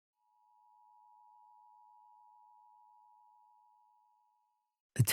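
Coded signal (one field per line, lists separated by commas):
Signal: Emergency Alert System (SAME) tones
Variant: 853 and 960 Hz attention tone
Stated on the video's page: Fictional EAS alert in a horror story.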